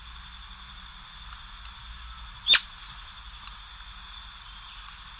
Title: LuckyPassaro Completos2Sama. Atlantic Royal Flycatcher (Onychorhynchus swainsoni)